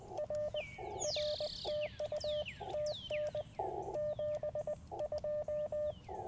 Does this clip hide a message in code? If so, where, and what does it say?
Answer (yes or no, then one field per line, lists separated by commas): yes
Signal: Morse code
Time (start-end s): 0.2-5.9 s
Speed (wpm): 19 wpm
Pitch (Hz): 590 Hz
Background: radio noise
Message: R R TU TN 72